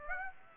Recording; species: mosquito wingbeat signal from an infrared sensor; Aedes aegypti